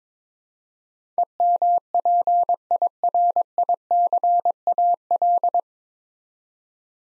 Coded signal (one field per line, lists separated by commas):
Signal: Morse code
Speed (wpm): 22 wpm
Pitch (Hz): 700 Hz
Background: none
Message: EMPIRICAL